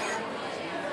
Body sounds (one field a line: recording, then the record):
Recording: coughing mixed with background sound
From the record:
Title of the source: 30 Chesty and wet cough